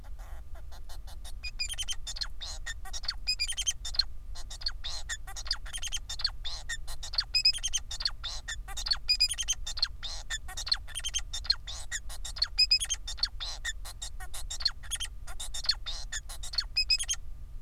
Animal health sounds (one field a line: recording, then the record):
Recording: song of a male Bengalese finch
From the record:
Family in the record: son of father 4